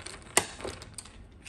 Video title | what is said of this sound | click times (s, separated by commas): How to replace your Drive on HP TPCQ056 24” ALL IN ONE | once that you see the little clicking sound i don't know if you notice that it's already a separation in this | 0.4 s